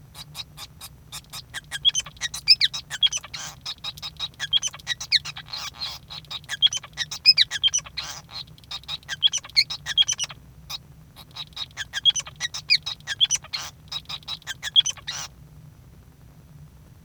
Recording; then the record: song of a male Bengalese finch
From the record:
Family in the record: son of father 5